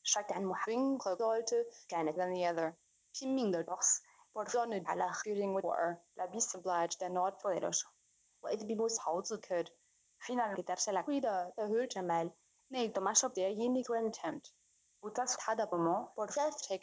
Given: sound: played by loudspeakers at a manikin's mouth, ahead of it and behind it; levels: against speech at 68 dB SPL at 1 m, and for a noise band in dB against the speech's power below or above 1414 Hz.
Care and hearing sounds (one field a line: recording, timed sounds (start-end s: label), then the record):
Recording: test signals for a remote microphone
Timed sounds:
0.00-16.83 s: speech test signal (ISTS)
From the record:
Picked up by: remote microphone B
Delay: 24 ms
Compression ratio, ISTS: 1.85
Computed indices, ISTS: SII 0.995, HASPI 0.987, HASQI 0.342 (non-linear 0.414, linear 0.827), ESTOI 0.825